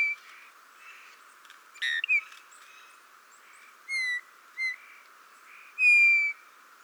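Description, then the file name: Eurasian bullfinch giving soft, mournful piping calls. A few separate falling whistles end with one longer, louder note, over faint background twittering. "Pyrrhula pyrrhula"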